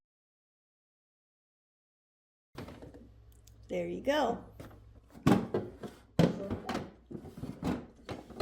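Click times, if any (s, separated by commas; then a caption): 5.3 s, 6.2 s. Someone talks as the removable plastic top cover of a Petcove self-cleaning automatic litter box is set back down onto its base. Two sharp thunks at 5.3 s and 6.2 s mark both sides snapping into place, leaving the top seated.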